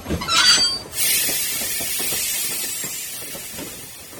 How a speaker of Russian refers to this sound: Сразу за ними начинался тоннель, уходящий под землю. Въехали в темный тоннель. Но ненадолго. Впереди прорезался свет. По обе стороны стали наплывать узкие платформы. Матово засияли голубым и белым гладкие стены. И поезд остановился.